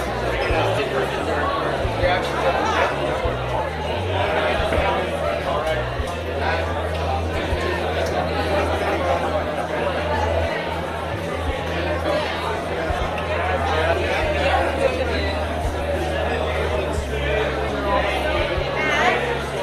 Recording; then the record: background sound without coughing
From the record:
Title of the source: CITY SOUNDS Busy Bar in the Evening Night - 2 HOURS of Ambiance for Relaxation